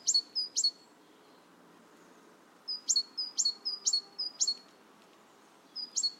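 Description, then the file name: Great tit giving bright two-note whistled phrases, high then lower, in short bursts separated by quiet pauses. "Parus major"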